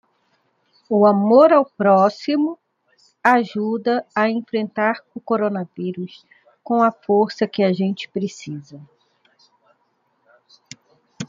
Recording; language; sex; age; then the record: spoken sentence; Brazilian Portuguese; female; 40 to 49 years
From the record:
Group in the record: control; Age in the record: 47 years